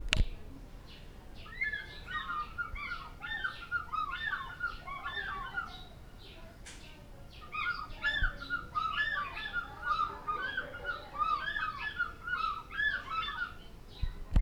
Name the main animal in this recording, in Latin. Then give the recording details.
Haliaeetus vocifer. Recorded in Lake Mburo, Uganda